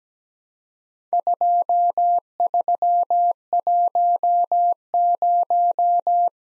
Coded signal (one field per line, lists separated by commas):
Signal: Morse code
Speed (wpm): 17 wpm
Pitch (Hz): 700 Hz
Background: none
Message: 2310